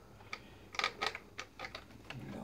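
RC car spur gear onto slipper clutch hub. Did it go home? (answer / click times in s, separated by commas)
yes / 0.8 s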